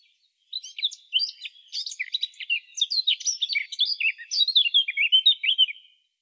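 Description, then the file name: Eurasian blackcap song, a long, busy warble of quick chirps, trills and short whistled notes, continuous for about five seconds. "Sylvia atricapilla"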